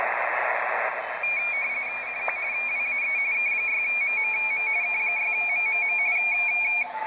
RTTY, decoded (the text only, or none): CQ WAE K6MMM K6MMM